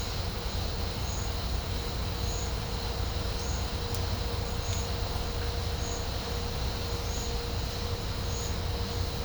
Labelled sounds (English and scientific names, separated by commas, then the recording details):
none
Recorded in pastures near Puerto Asís, Putumayo, Colombia, on 20 December 2024 at 10:00
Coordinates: 0.502, -76.324
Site G077